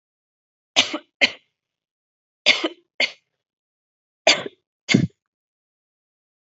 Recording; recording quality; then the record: heavy voluntary cough; excellent, no background noise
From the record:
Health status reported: COVID-19 positive, mild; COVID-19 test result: positive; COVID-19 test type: rapid antigen test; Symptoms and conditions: cough, cold, breathing difficulty, sore throat, fever, fatigue, muscle pain, diarrhoea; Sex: female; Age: 21 years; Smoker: no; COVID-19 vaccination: both doses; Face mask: not worn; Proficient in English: yes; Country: India